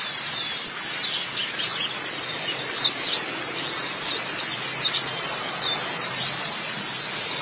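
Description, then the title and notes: White-eye song: a thick stream of high, scratchy twittering chirps running without pause. "Kicauan Burung Pleci Durasi Panjang. Suara kicauan burung pleci"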